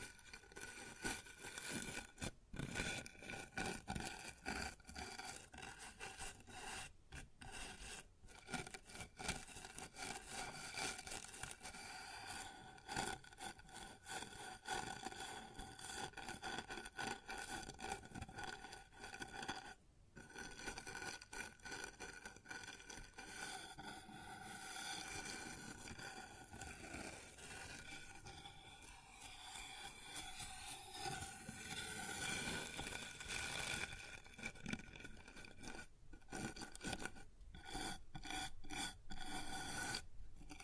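Scratching and rubbing on a wooden surface, a dense, rasping texture that runs almost without letup for the whole 41 seconds. Brief pauses break it near 2, 7, 8, 20 and 36 seconds, and again in quick succession toward the end.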